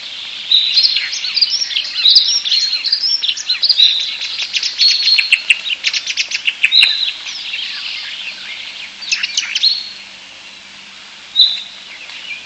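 European starling song: a busy jumble of clicks, rapid rattles and whistled notes, trailing into brief quiet and a final short whistle.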